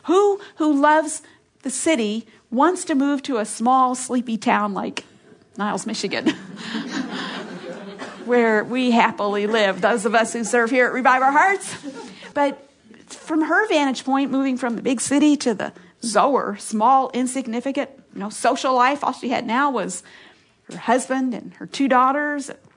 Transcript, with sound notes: Who, who loves the city, wants to move to a small, sleepy town—like Niles, Michigan— (laughter) where we happily live, those of us who serve here at Revive Our Hearts. But from her vantage point, moving from the big city to Zoar—small, insignificant, no social life—all she had now was her husband and her two daughters.